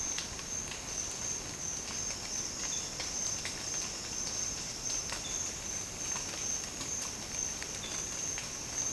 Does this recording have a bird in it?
no